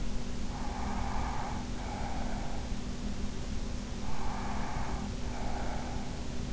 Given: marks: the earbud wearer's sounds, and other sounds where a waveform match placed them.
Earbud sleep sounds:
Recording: sounds in sleep by an in-ear microphone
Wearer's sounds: breath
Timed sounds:
0.38-2.84 s: breath
4.04-6.24 s: breath

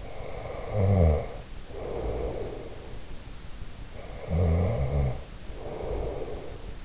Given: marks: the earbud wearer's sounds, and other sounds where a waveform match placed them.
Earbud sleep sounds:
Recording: sounds in sleep by an in-ear microphone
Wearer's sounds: snoring breath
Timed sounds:
0.00-3.06 s: snoring breath
3.97-6.80 s: snoring breath

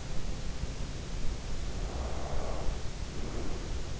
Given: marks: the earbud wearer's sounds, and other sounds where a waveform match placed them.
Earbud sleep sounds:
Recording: sounds in sleep by an in-ear microphone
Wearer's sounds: breath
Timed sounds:
1.58-3.98 s: breath

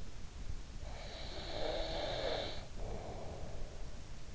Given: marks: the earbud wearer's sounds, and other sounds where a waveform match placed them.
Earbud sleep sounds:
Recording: sounds in sleep by an in-ear microphone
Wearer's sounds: snoring breath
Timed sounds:
0.65-4.03 s: snoring breath

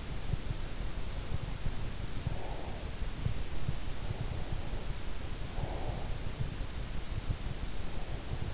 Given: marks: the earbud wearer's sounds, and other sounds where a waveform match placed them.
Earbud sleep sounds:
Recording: sounds in sleep by an in-ear microphone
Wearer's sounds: breath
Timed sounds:
2.23-2.87 s: breath
5.51-6.16 s: breath

